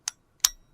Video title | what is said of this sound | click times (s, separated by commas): Amazfit T-Rex Ultra 2 – Best Tips, Tricks & Settings | it will click in. Quite simple. | 0.1 s, 0.5 s